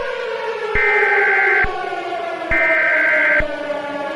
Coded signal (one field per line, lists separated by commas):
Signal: Emergency Alert System (SAME) tones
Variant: header bursts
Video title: My first EAS Scenario: Will.EXE.